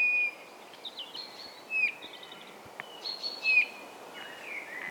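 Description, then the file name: Eurasian bullfinch calling: a few brief, spaced piping whistles among other chirps and whistles, against constant hiss. "Pyrrhula pyrrhula"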